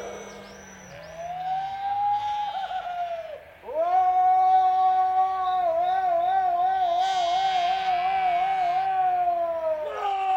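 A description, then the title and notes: A cowboy's voice croons long, smooth hooting notes, starting low and soft, then swelling into a rising tone that fades near three and a half seconds. A louder sustained note follows and runs to the end, wavering in a slow wobble midway before a brief higher lift. Four minutes in Tierra de Fuegos, on the south end of the Americas. Recorded by By Félix Blume. Wind, sheep and cowboys.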